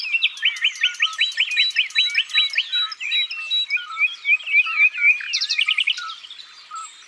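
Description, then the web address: Common nightingale song: a rapid run of repeated rising whistled notes, followed by varied chattering phrases and a burst of high, sharp repeated notes. "Rossignol philomele. abc de la nature"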